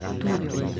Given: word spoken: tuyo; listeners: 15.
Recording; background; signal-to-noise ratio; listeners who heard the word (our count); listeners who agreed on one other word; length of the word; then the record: one Spanish word in noise, from a listening test; eight-talker babble; 0.2 dB; 0 of 15; 9 of 15; 0.40 s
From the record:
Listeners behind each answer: 9, 2, 1, 1, 1, 1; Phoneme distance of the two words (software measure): 7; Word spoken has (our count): 2 syllables, 4 phonemes, stress on syllable 1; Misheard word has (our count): 2 syllables, 5 phonemes, stress on syllable 1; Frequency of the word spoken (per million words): 12.74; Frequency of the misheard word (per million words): 3.12